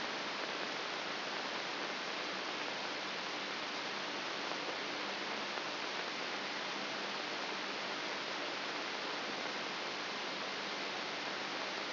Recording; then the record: brain microelectrode recording played as sound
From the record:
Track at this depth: inside the subthalamic nucleus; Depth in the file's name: 2.704 mm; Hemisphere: left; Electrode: 3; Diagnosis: Parkinson's disease